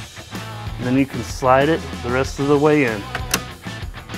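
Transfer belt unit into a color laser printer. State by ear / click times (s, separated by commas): seated / 3.3 s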